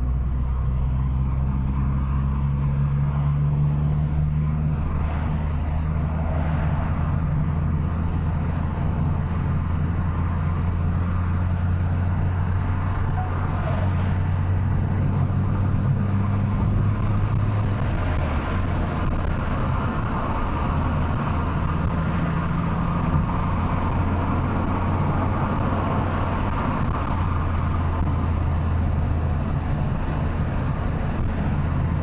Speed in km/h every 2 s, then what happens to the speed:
55, 63, 71, 76, 77, 76, 83, 87, 95, 96, 93, 98, 105, 95, 93, 96.
0-16 speeds up to 95. 20-23 speeds up to 105.